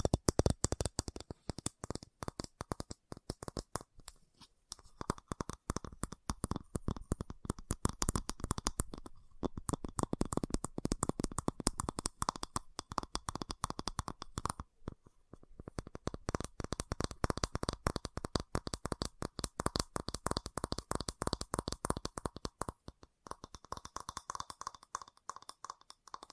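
Fast tapping runs nearly nonstop, a dense rattle of quick, sharp clicks with a dry, papery edge. Brief pauses break the stream around 4, 9, 15 and 23 seconds before the rapid taps resume at a similar pace.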